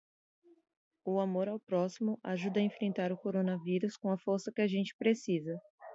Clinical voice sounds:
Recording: spoken sentence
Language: Brazilian Portuguese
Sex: female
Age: 20 to 29 years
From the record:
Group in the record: control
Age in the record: 25 years

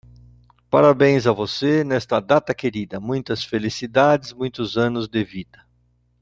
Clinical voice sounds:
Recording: short text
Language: Brazilian Portuguese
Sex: male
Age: 60 to 69 years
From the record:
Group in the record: control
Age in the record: 65 years

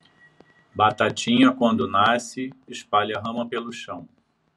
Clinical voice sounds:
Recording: short text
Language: Brazilian Portuguese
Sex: male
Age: 60 to 69 years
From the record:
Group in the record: control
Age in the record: 60 years

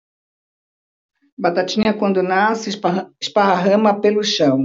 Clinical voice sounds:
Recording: short text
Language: Brazilian Portuguese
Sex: female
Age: 60 to 69 years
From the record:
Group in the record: control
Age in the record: 60 years

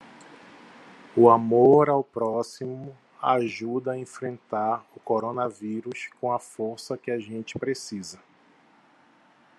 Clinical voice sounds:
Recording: spoken sentence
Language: Brazilian Portuguese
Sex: male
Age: 40 to 49 years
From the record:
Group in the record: control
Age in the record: 41 years

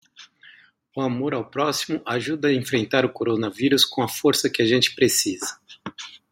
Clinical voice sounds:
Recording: spoken sentence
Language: Brazilian Portuguese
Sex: male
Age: 50 to 59 years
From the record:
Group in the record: control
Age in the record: 51 years

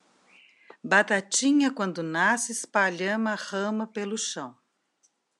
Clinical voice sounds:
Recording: short text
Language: Brazilian Portuguese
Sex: female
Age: 60 to 69 years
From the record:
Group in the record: control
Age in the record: 60 years

